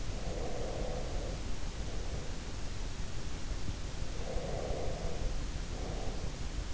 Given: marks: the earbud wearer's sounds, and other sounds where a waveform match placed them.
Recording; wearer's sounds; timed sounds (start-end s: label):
sounds in sleep by an in-ear microphone; breath
0.00-2.53 s: breath
4.09-6.62 s: breath